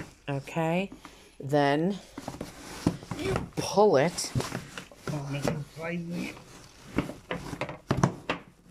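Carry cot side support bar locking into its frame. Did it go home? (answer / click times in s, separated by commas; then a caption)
no / none. Someone talks while pulling up one side of a fabric Hauck Shopper SLX carry cot so its internal support bar rises toward locking into its frame. A few short, sharp handling knocks come near the end, around 7.6 to 8.3 seconds. The bar has not yet seated or clicked into position.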